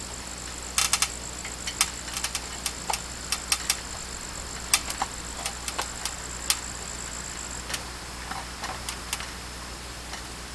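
A wood/metal screw is driven into a shed purlin with a driver, and a series of sharp ticking hits is heard as the bit slips, at about 0.8, 1.0, 1.8, 3.5, 4.7 and 6.5 seconds. The screw head strips out while driving.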